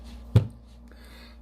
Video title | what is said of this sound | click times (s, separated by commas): Reassembly of Sherwood Maximus | Put that in, pops right in when they're nice and clean. | 0.4 s